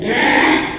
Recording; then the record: squeal of a Yucatan mini pig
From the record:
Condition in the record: after surgery on the right vocal fold (resection and tissue-engineered implant); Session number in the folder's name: 3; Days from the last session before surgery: 33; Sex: male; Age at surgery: 12 weeks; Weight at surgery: 13 kg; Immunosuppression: cyclosporine, prednisolone